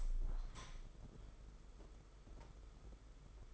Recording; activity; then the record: daily activity, microphone in the room; open window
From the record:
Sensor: 5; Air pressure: 991.4 hPa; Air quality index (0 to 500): 108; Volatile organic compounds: 24 ppm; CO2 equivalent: 2806 ppm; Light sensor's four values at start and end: 39/126/47/51 and 39/126/48/51